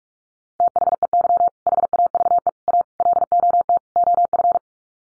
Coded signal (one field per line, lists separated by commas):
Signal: Morse code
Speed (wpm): 44 wpm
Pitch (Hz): 700 Hz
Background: none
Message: THEY HAVE A LOT OF